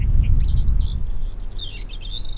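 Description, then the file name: Bicknell's thrush song, a high thin series of twisting, slurred notes rising and falling, with low rumbling background noise. "BITH song"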